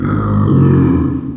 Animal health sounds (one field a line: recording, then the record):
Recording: squeal of a Yucatan mini pig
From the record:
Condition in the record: after surgery on the right vocal fold (resection and tissue-engineered implant)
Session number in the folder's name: 11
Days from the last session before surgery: 98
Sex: female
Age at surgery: 19 weeks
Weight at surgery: 25 kg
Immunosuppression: prednisolone